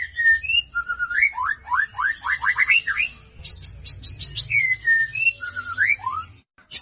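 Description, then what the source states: White-rumped shama singing a varied run of fluty whistles and quick rising slurred notes, with a brief series of high, sharply falling notes in the middle. Lure recording meant to draw a response from the bird; the bird is described as gacor, singing persistently.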